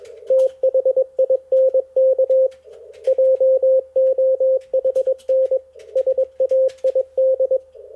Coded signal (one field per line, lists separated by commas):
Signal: Morse code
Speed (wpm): 21 wpm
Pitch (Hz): 530 Hz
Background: none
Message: THINK JOHN SAID